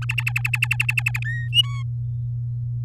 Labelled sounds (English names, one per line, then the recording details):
Domestic Canary song
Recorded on 10 May 2018 at 12:11
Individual llb16